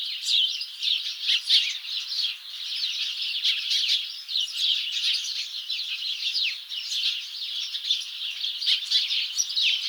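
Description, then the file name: House sparrows calling, rapid overlapping chirps in uneven surges, many birds chattering at once. "Passer domesticus"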